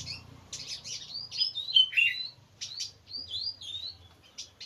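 Bird chirping: quick, high, sharp chirps and short downslurred whistles in irregular bursts, with a low steady hum underneath.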